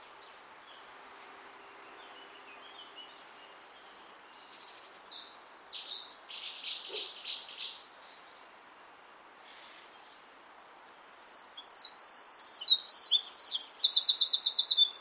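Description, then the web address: Bird gives a brief high trill, a scattered run of clipped notes, then a loud, dense burst of rapid chirping at the close. "cianscape birddata Deverinetal 2025"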